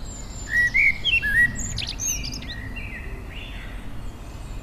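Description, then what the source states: Songbird giving short whistled notes that rise and fall, mixed with rapid high twittering chirps, fading into faint hiss. Native hedgerow bird.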